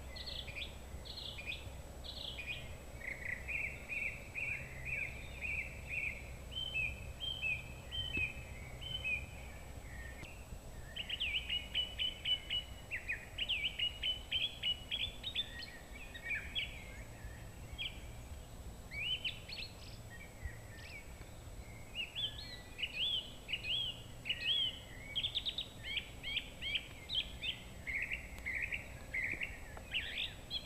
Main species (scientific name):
Turdus philomelos